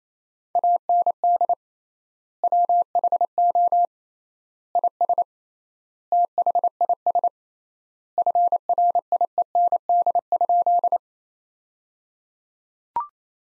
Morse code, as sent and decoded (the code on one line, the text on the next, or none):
.- -. -.. / .-- .... --- / .. ... / - .... .. ... / ..-. .-. .. . -. -.. ..--..
AND WHO IS THIS FRIEND?